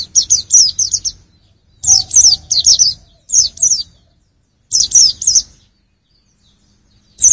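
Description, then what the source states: White-eye song in several short, high-pitched bursts of rapid downslurred chirps, separated by brief silences, with a long gap before the last notes. Part of a mixed-bird recording.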